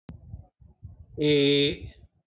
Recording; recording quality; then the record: sustained vowel as in made; excellent, no background noise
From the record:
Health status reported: healthy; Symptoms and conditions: none ticked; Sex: male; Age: 59 years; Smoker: not ticked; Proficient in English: yes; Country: India